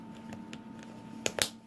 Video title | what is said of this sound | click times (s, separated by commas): Sweat volume tests and a down to earth STRYD footpod review. | out of the way snap | 1.3 s, 1.4 s